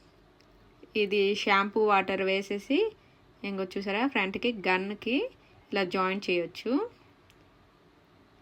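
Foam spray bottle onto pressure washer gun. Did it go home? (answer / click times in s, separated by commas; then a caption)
yes / 7.3 s. A plastic foam/shampoo spray bottle is joined to the front of a pressure washer gun while someone talks. After the talking stops, a single sharp click at 7.3 s shows the bottle has locked onto the gun.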